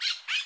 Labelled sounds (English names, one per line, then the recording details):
Brown-throated Parakeet contact call
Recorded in Bonaire
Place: just S of turnoff to Cai, near Lac Bay
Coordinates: 12.126, -68.239